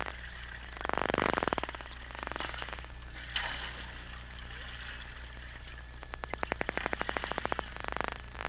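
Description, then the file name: Humpback whale song units: pulsed, grating bursts and buzzy click-like trains over a steady low hum. "Sounds of Nature - Humpback Whales"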